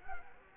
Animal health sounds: mosquito wingbeat signal from an infrared sensor; Culex quinquefasciatus

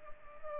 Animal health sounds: mosquito wingbeat signal from an infrared sensor; Culex pipiens

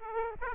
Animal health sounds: mosquito wingbeat signal from an infrared sensor; Aedes aegypti

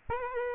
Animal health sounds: mosquito wingbeat signal from an infrared sensor; Aedes albopictus

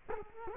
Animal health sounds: mosquito wingbeat signal from an infrared sensor; Culex quinquefasciatus

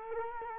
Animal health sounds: mosquito wingbeat signal from an infrared sensor; Culex quinquefasciatus

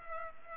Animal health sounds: mosquito wingbeat signal from an infrared sensor; Culex pipiens

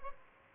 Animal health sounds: mosquito wingbeat signal from an infrared sensor; Aedes albopictus

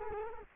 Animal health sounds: mosquito wingbeat signal from an infrared sensor; Culex quinquefasciatus

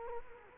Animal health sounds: mosquito wingbeat signal from an infrared sensor; Culex quinquefasciatus

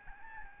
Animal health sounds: mosquito wingbeat signal from an infrared sensor; Aedes albopictus

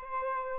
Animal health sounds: mosquito wingbeat signal from an infrared sensor; Aedes albopictus

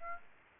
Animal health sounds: mosquito wingbeat signal from an infrared sensor; Aedes aegypti

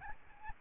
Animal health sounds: mosquito wingbeat signal from an infrared sensor; Aedes albopictus

